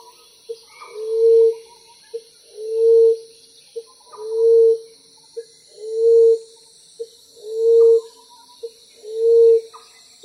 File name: 翠翼鳩